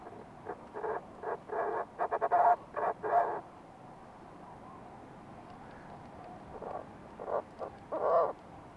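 Fulmar prion calls: a burst of throaty pulsed notes early on, a long quiet gap, then a few more rasping notes near the end.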